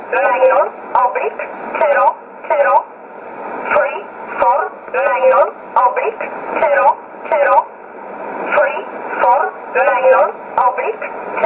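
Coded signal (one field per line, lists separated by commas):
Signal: numbers station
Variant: E11 Oblique, English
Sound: a voice reading short evenly spaced words, likely numbers, over narrow-band radio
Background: radio static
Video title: 20 05 2020 E11 Oblique Numbers station in English 0746 on 15720 unknown tx site in USB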